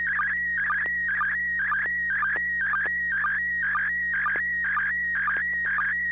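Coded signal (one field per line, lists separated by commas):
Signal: SSTV (slow-scan television)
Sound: steady whistling tone warbling lower twice a second, with short low sync chirps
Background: low mains hum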